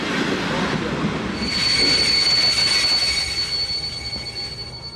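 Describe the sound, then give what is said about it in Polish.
A train rumbles along the rails, then a high, thin metallic squeal from the wheels rises and holds steadily for several seconds before fading slightly, with no voices. “więc mąż pojechał pociągiem po dzieci.”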